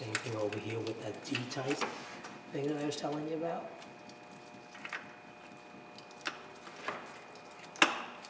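Someone talks while pushing the second, D-type electrical harness plug into the alternator of a 2008 Ford F350, with a few faint knocks after the talking stops. A sharp, loud snap at 7.8 s marks the plug clicking into place, and it is confirmed seated.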